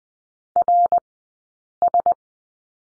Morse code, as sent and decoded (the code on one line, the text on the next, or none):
.-. ...
RS